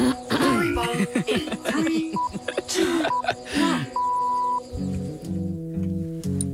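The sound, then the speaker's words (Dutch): A few rough throat-clearing bursts mixed with sliding vocal warm-up sounds, broken by short electronic beeps and one longer tone, before a steady electronic music backing begins. “Ja, even de keel schrapen.”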